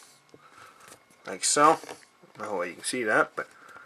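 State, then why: Not seated. A plastic K'Nex construction-toy part is handled and lined up to be pushed onto an axle while building a Grave Digger toy monster truck, with faint soft handling noises and a small tick near 0.3 s. Someone talks over the handling. The part has not yet snapped on; nothing has seated or clicked yet.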